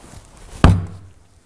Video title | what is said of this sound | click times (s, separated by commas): IOW MP090 Centrifuge Filter - Service and Cleaning Training Video | you hear the click when it goes in and again check that the o-ring is concealed | 0.6 s